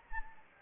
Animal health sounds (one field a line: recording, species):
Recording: mosquito wingbeat signal from an infrared sensor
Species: Anopheles gambiae